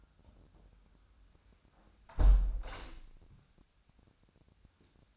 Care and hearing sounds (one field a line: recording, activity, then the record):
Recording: daily activity, microphone in the room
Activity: close window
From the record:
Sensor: 2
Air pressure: 1006.2 hPa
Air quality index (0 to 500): 177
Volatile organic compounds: 9 ppm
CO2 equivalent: 2152 ppm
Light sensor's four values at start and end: 9/21/8/9 and 8/20/8/8